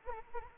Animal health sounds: mosquito wingbeat signal from an infrared sensor; Anopheles arabiensis

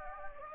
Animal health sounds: mosquito wingbeat signal from an infrared sensor; Anopheles gambiae

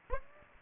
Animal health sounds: mosquito wingbeat signal from an infrared sensor; Aedes aegypti

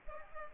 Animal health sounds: mosquito wingbeat signal from an infrared sensor; Culex pipiens

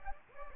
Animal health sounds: mosquito wingbeat signal from an infrared sensor; Anopheles gambiae

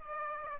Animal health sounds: mosquito wingbeat signal from an infrared sensor; Aedes aegypti

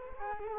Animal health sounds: mosquito wingbeat signal from an infrared sensor; Culex quinquefasciatus

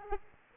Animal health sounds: mosquito wingbeat signal from an infrared sensor; Aedes aegypti

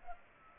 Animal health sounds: mosquito wingbeat signal from an infrared sensor; Anopheles arabiensis

